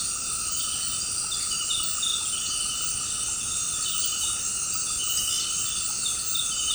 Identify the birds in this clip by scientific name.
none